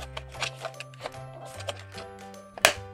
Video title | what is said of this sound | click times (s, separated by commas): ボディの脱着について（初心者の方向け）【WPL JAPAN】スズキジムニー（SUZUKI Jimny）JA11 C74 | and when it snaps into place, it's a pretty strong fit, so it's a good | 2.6 s